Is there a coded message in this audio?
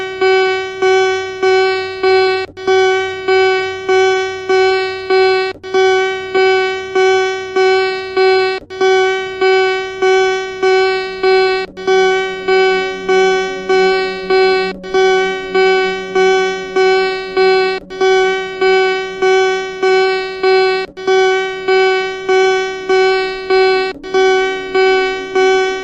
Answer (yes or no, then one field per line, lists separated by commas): no